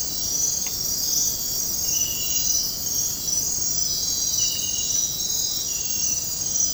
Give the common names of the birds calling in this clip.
none